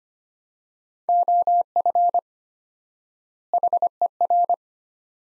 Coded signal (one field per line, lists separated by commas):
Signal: Morse code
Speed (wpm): 25 wpm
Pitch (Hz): 700 Hz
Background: none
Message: OF HER